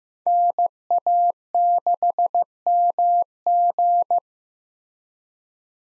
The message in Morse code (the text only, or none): NA6MG